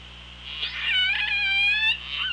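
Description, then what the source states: Killer whale call: a drawn-out harmonic cry, buzzy at first and then holding a level tone, over underwater hiss. Recorded on the OrcaLab hydrophone, 24 August 2017 at 07:44:09.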